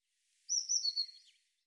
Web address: cianscape birddata Deverinetal 2025 Bird Cy Ca